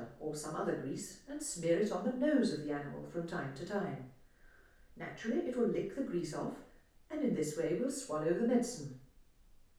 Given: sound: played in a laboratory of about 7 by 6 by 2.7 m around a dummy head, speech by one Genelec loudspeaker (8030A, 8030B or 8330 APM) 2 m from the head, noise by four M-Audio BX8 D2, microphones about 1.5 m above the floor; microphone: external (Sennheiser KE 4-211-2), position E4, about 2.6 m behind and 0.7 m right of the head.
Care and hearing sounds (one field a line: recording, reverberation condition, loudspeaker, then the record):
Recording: female speech in English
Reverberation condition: medium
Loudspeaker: 90 degrees to the left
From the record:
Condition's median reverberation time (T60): about 510 ms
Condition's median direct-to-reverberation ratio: about -0.5 dB